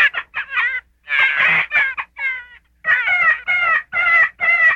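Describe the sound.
Gray fox giving short bursts of harsh, wavering, whiny calls in quick groups, with brief silent gaps, ending in a run of four evenly spaced cries.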